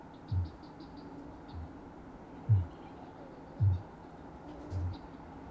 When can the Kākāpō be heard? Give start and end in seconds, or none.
0.15-0.60, 1.38-1.81, 2.35-2.79, 3.48-3.89, 4.58-5.01